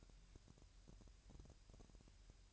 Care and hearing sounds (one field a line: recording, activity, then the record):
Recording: daily activity, microphone in the room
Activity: take from stove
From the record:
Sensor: 2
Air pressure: 1001.8 hPa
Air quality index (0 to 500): 240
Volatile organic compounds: 31 ppm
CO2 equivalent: 2974 ppm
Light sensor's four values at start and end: 5/10/4/4 and 5/10/4/4